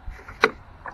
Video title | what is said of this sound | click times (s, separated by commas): Harbor Freight Atlas 80V Self-Propelled Mower Unboxing & Review - ATLAS VS EGO #harborfreight #ego | battery just slides in and clicks into place. | 0.4 s